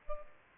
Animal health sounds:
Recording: mosquito wingbeat signal from an infrared sensor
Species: Culex pipiens

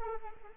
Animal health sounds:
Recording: mosquito wingbeat signal from an infrared sensor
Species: Anopheles arabiensis

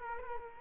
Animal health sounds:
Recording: mosquito wingbeat signal from an infrared sensor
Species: Culex quinquefasciatus

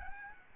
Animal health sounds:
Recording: mosquito wingbeat signal from an infrared sensor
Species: Aedes albopictus

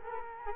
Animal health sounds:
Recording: mosquito wingbeat signal from an infrared sensor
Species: Culex quinquefasciatus

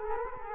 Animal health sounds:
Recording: mosquito wingbeat signal from an infrared sensor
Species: Culex quinquefasciatus

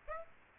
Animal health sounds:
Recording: mosquito wingbeat signal from an infrared sensor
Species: Aedes aegypti

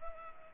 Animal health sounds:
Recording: mosquito wingbeat signal from an infrared sensor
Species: Culex pipiens

